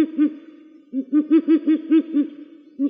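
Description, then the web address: Ural owl calling: two deep notes, a short pause, then a rapid run of about seven hoarse, barking hoots, ending with a single note. Slovenia. "Strix uralensis"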